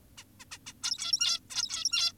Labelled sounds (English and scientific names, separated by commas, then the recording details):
Zebra Finch (Taeniopygia guttata)
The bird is an adult
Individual g17y2U